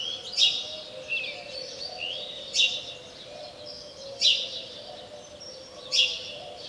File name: Passer domesticus